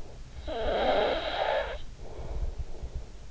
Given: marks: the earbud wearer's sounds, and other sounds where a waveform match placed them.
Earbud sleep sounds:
sounds in sleep by an in-ear microphone; snoring breath
0.08-3.31 s: snoring breath

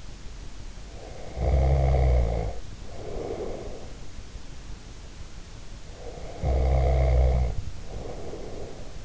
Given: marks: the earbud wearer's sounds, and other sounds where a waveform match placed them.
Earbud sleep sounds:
sounds in sleep by an in-ear microphone; snoring breath
0.85-4.11 s: snoring breath
5.90-9.04 s: snoring breath

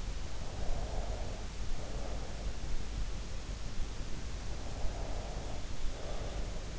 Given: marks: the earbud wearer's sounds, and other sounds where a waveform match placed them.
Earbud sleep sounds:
sounds in sleep by an in-ear microphone; breath
0.56-2.41 s: breath
4.82-6.67 s: breath

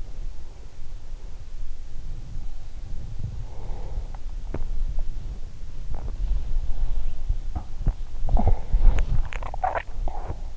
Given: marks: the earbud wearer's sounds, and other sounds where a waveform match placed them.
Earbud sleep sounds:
sounds in sleep by an in-ear microphone; body movement, swallowing, talking in sleep
0.00-10.56 s: body movement
2.26-4.16 s: sound from someone else or the room
7.40-10.36 s: swallowing
8.08-8.84 s: talking in sleep

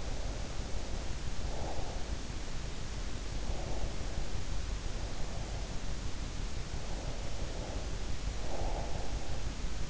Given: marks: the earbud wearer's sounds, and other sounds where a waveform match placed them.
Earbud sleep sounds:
sounds in sleep by an in-ear microphone; breath
0.00-2.23 s: breath
3.42-5.88 s: breath
6.78-9.63 s: breath

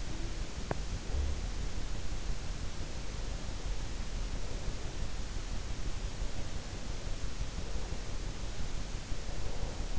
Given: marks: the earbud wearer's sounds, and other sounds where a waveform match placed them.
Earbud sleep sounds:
sounds in sleep by an in-ear microphone; teeth grinding
0.00-0.89 s: teeth grinding

